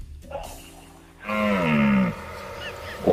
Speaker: Yo creo que es la berrea del ciervo. Pues efectivamente.